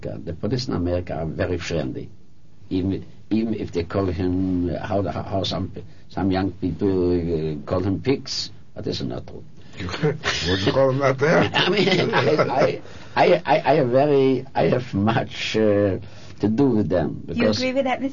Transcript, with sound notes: The police in America are very friendly, even i—even if they call him, how the - how some p—some young people call him pigs. This is not true.
(laughs) You c—you call them that there!
(laughs) I mean. I -- I - I very - I have much to do with them because --
Do you agree with that, Mr.